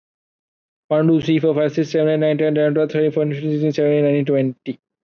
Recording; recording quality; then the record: counting at a fast pace; excellent, no background noise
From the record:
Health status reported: COVID-19 positive, mild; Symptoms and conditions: none ticked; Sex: male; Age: 24 years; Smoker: not ticked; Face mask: not worn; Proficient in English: yes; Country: India